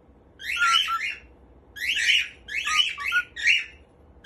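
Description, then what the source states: Cockatiel giving harsh, raspy screeching calls in several short, uneven bursts. Several cockatiels singing and whistling.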